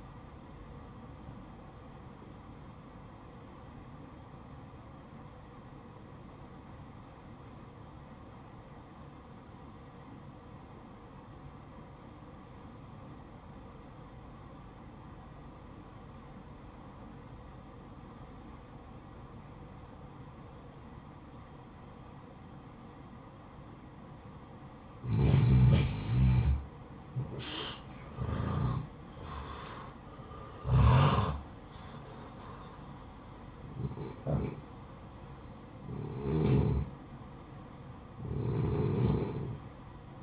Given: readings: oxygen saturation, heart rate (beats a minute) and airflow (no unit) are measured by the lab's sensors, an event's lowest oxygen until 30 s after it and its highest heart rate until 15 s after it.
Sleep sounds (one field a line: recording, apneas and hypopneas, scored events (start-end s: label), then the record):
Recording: breathing in sleep by a smartphone at the bedside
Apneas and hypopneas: 1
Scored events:
7.00-26.20 s: obstructive apnea (N1, oxygen 94% highest, then 89% lowest, heart rate 56 at the start, 69 highest)
From the record:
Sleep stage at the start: N1 (lightest sleep)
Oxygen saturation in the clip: 87 to 94%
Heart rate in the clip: 55 to 69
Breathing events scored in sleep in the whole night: 573 in 9.8 hours asleep